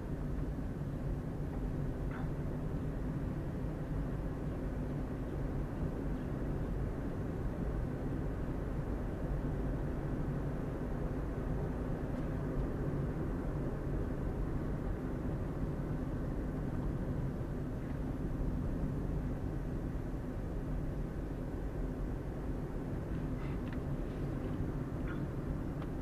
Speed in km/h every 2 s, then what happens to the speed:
26, 28, 30, 32, 34, 35, 36, 33, 30, 29, 30, 31, 30.
0-11 speeds up to 36. 11-17 slows to 29. 17-26 steady at about 30.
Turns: none.